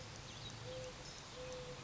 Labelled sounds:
Mourning Dove (Zenaida macroura)

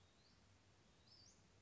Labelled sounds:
Western Flycatcher (Empidonax difficilis)

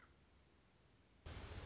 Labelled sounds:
Common Raven (Corvus corax)

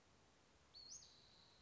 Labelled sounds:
Western Flycatcher (Empidonax difficilis)

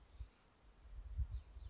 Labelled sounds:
California Towhee (Melozone crissalis)

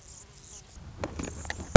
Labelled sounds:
Anna's Hummingbird (Calypte anna)

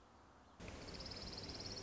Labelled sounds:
Orange-crowned Warbler (Leiothlypis celata)

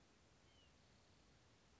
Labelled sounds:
White-breasted Nuthatch (Sitta carolinensis)

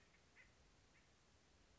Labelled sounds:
Acorn Woodpecker (Melanerpes formicivorus)

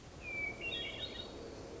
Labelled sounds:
Hermit Thrush (Catharus guttatus)

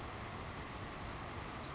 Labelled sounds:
Savannah Sparrow (Passerculus sandwichensis)

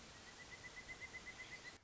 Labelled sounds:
Pileated Woodpecker (Dryocopus pileatus)

